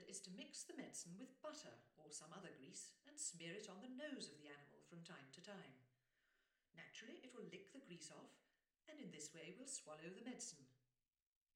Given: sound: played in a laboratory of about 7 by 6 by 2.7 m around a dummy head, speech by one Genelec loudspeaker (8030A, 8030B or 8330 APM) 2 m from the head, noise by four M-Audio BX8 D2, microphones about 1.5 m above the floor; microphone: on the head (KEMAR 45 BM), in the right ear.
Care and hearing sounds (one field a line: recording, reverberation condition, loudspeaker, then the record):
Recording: female speech in English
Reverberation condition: medium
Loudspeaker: 60 degrees to the right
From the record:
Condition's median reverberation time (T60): about 510 ms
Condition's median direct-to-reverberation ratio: about -0.5 dB